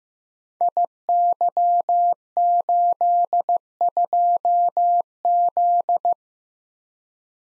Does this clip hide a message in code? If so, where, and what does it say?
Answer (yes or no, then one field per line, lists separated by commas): yes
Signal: Morse code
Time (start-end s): 0.6-6.1 s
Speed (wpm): 15 wpm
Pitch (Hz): 700 Hz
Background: none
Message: IY82Z